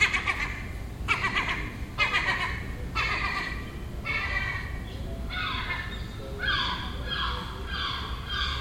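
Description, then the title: Gull starting with rapid harsh chattering bursts, then shifting to long wailing calls that fall in pitch, repeated steadily over low background rumble. Gull nesting on a neighbouring roof in Den Haag, calling all day for a week; recorded June 18th 2017. "Seagull Chatter (Den Haag"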